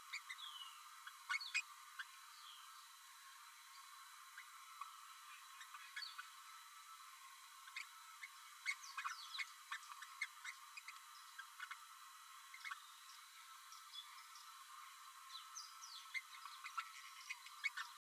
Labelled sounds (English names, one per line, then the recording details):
Green-rumped Parrotlet babbling
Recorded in a nest box in Venezuela
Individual 18B12A3